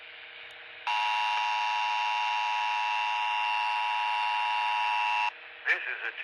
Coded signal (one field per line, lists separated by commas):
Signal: Emergency Alert System (SAME) tones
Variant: 853 and 960 Hz attention tone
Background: speech